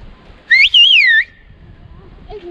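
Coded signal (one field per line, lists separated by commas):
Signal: whistled language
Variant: Turkish Kuş dili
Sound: a sharp whistled phrase rising and falling in pitch, with a short break, under one second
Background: faint voice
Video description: We heard about a mountain village called Kuşköy where people communicate in a very special way!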